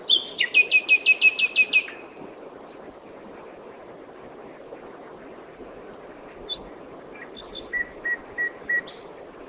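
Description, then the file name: Common nightingale song opening with a run of loud, rapid repeated notes, then a pause and a later series of short whistled notes with thin high chips. "Luscinia megarhynchos"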